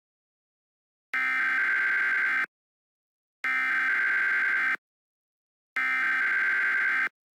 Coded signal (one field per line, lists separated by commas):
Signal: Emergency Alert System (SAME) tones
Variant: header bursts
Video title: EAS Mock: 1: Food Contamination Warning for: Ida, Sac and Calhoun Iowa.